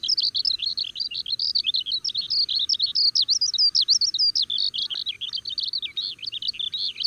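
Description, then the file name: Oriental skylark pouring out a fast, high, jumbled warble of twittering and slurred notes, continuous and unbroken throughout. "alauda gulgula"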